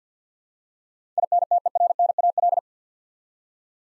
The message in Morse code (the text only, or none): INTERNAL